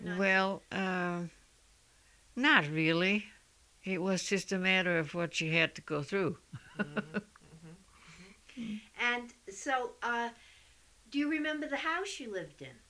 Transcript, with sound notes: Well, not really. It was just a matter of what you had to go through. [Laughs]
And so, do you remember the house you lived in?